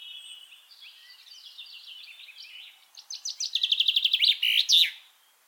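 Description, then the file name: Common chaffinch song: soft twittering, then a loud trill of evenly repeated notes finishing in a flourish. "Fringilla coelebs"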